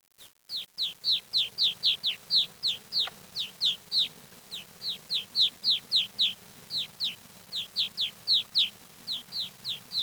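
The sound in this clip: Bird calls, a rapid series of high, sharply down-slurred notes repeated about four times a second, with a few clicks at the start.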